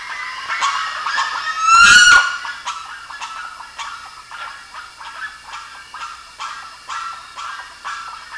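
Bird calls: a loud, scratchy burst near two seconds, then a string of short, evenly spaced harsh notes.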